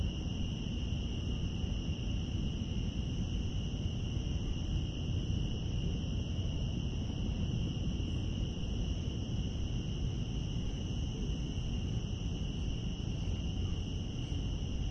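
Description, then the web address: Cicadas give a constant, level, high whirring drone throughout, accompanied by a continuous low rumble like traffic. Cicadas recorded outdoors in Central Park. "Lynne Music Central-Park-Cicadas"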